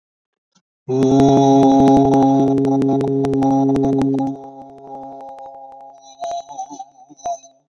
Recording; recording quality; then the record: sustained vowel as in boot; excellent, no background noise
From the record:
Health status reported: exposed to COVID-19, no respiratory illness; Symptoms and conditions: cough, cold, sore throat, fever, muscle pain, diarrhoea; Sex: male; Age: 29 years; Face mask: not worn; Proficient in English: yes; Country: India